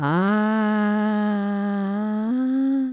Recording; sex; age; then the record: sustained vowel /a/; female; 60 to 69 years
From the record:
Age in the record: 66 years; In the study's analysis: excluded